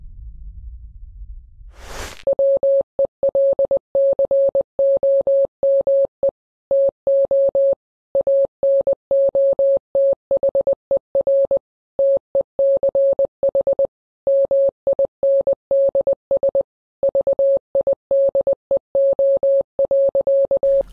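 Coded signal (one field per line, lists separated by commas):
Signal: Morse code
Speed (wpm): 20 wpm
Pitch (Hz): 550 Hz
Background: none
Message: WELCOME TO ANOTHER TECH MINDS VIDEO.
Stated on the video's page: Morse code received with an RTL SDR receiver, NooElec SDR with Ham It Up converter, SDR Console.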